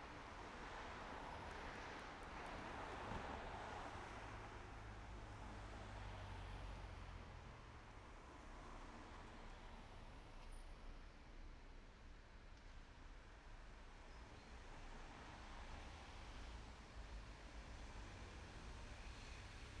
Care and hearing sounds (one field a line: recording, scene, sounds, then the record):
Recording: everyday scene through a hearing-aid microphone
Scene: in traffic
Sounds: traffic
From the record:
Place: main road on the outskirts, rush hour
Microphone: behind the ear, right, front